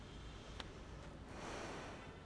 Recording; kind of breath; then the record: one breath in and out by a microphone near the nose and mouth; normal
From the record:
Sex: female